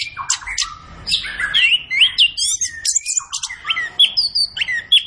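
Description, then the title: Orange-headed thrush song with rich, varied notes, falling slurred whistles and quick high twitters that run together in a lively, rambling phrase. Indonesian songbird-keeping training recording (masteran), bird described as gacor. "Anis Kembang Gacor. Kicau Mania Masteran Anis Kembang"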